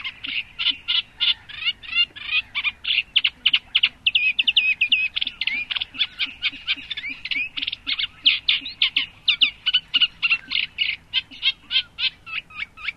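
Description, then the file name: Eurasian reed warbler song, a long, steady chattering stream of grating and churring notes, each repeated a few times before shifting, with no breaks. "rousserole effarvate"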